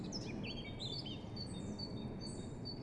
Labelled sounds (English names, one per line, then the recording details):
Great Tit
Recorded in Germany
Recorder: ecoPi